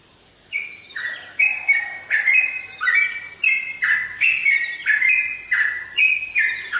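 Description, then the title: Oriental magpie-robin singing after a short quiet start, a rapid series of clear whistled notes jumping up and down in pitch, phrases repeated quickly. "Kicau Kacer"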